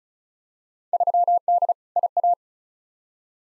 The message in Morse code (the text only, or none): 3D IA